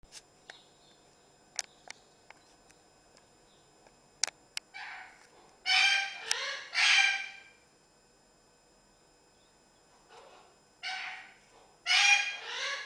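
Parrot squawks: scattered clicks and taps, then bursts of harsh, rasping calls, some in quick pairs, separated by quiet gaps of a few seconds.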